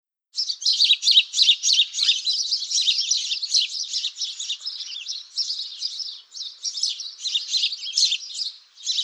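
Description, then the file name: Sparrow chirping in a dense, continuous, irregular chatter of short bright chips, with a brief pause near the end. "wróbel"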